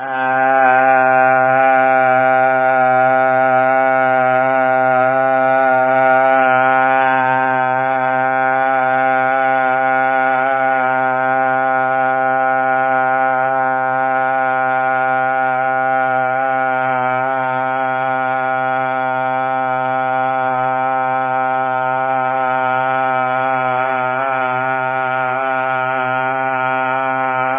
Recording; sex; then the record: sustained vowel /a/; male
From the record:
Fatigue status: no fatigue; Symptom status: asymptomatic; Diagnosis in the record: COVID-19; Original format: 3gp